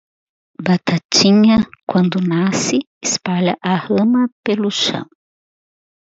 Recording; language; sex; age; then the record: short text; Brazilian Portuguese; female; 50 to 59 years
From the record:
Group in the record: control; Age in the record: 52 years